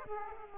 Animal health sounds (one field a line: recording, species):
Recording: mosquito wingbeat signal from an infrared sensor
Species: Aedes aegypti